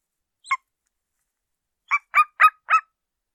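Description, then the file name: Golden eagle call: one short yelp, a pause of about a second and a half, then four harsh, ringing yelps given in quick succession. "Canto-da-Águia-Real"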